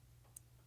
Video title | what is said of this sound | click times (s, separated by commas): Sig P365 Titanium Striker Assembly & Housing – Design Overview & Drop-In Install Guide | see it clicks into here | 0.4 s